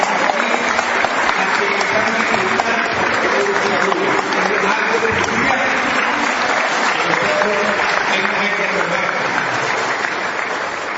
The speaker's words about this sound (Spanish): Este evento debe darle un aplauso